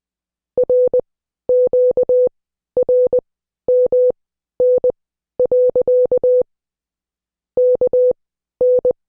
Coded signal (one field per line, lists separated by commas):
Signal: Morse code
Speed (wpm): 20 wpm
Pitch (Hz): 500 Hz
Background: none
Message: RQRMN. KN